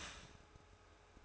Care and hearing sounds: daily activity, microphone in the room; start toaster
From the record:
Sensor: 2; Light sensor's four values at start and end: 4/10/4/4 and 4/10/4/4

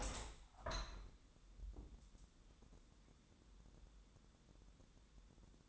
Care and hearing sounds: daily activity, microphone in the room; open window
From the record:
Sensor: 3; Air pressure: 1000.5 hPa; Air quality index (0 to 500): 132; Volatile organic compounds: 2 ppm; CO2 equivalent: 1144 ppm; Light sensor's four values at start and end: 13/35/14/15 and 14/36/14/16

